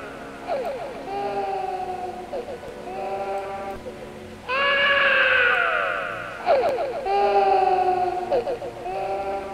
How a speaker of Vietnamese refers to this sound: Vong nhi nghe vậy, chỉ có lẽ chỉ chờ có như vậy thôi, là nó khóc ré lên, đúng là tiếng trẻ con khóc.